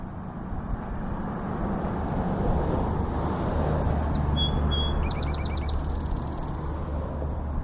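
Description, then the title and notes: Song sparrow song partway through, with crisp notes, short even tones, a fast trill and buzz, heard over traffic noise. Singing in a yard along Etolin Street on the morning of 15 April 2012, trading songs with another Song Sparrow across the street. "Song Sparrows getting in to it along Etolin Street. trading songs with another one across the street"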